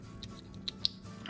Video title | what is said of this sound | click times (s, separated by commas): 2000 Jeep XJ (Cherokee) Thermostat and Waterpump replacement | there you could hear it click into place so that's into place and finally | 0.7 s, 0.9 s